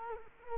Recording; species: mosquito wingbeat signal from an infrared sensor; Culex quinquefasciatus